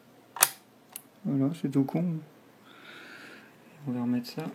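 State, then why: Seated. A DDR2 RAM module is pressed down into its laptop motherboard slot until the side latches clip it in place, with a sharp click at 0.4 s and a fainter tick at 1.0 s. Someone then talks. The module is seated.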